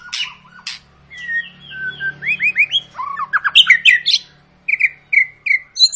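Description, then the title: White-rumped shama song of clear slurred whistles and rapid rising notes, with a low hum underneath at first. Lure of long, continuous song, used to make other birds sing. "Pancingan Murai Batu Gacor Panjang"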